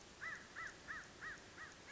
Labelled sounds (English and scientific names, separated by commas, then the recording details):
American Crow (Corvus brachyrhynchos)
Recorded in Sonoma County, California